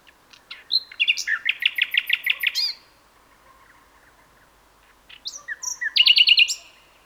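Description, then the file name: Common nightingale song: a long run of rapid, repeated metallic notes, a quiet pause, then another phrase with whistled notes and a fast trill. "Luscinia megarhynchos"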